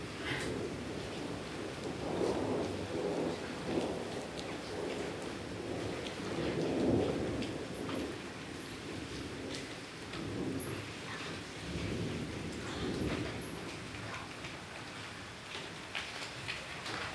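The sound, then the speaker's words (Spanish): A steady wash of heavy summer rain with low, rolling thunder swelling and fading several times underneath. No voices, just the continuous hiss of the downpour throughout. “Yo recuerdo que hace, por ejemplo, 70 años, había veranos en que llovía, poníamos trapos en las ventanas y en sitios ahí para que entrasen unas tormentas de verano, era algo magnífico. Después casi desapareció. Parece que vuelve.”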